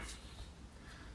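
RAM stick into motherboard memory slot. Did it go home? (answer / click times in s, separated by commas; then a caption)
no / none. A RAM stick is being handled and pressed toward a motherboard memory slot in channel 2/4, with low broadband rumble and faint handling noise throughout the 1.2-second clip. No click is heard, and nothing has seated yet.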